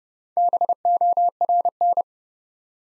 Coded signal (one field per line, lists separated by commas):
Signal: Morse code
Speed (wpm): 30 wpm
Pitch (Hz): 700 Hz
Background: none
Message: BORN